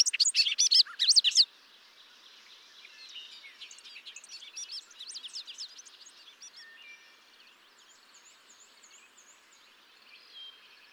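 Bobolink song: a loud burst of bubbly, tinkling, metallic notes for about a second and a half, then a softer jumbled warble that fades out.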